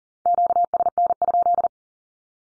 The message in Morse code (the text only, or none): QSN?